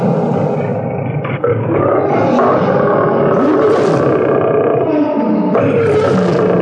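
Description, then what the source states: Lion roaring: deep rasping roars and grunts run almost continuously, swelling into harsh noisy bursts near the middle and end. Captive lions at a zoo in San Diego; lions roar when angry or agitated, the roars echoing throughout the zoo.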